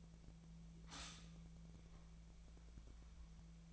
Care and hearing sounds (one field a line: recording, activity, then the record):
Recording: daily activity, microphone in the room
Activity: stop toaster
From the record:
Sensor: 1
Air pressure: 1009.4 hPa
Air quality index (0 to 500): 196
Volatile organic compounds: 20 ppm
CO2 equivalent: 2676 ppm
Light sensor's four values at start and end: 28/71/29/35 and 28/71/29/35